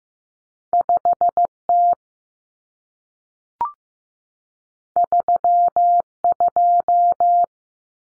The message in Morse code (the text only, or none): 5T 32